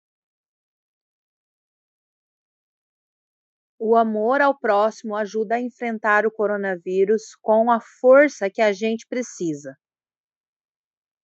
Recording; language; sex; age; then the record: spoken sentence; Brazilian Portuguese; female; 30 to 39 years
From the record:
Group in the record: control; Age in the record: 38 years